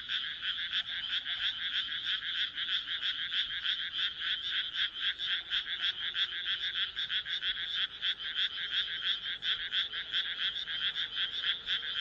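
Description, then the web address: Frogs croaking in a loud, unbroken chorus of fast, raspy pulses, roughly three per second. "kaeru kaeru"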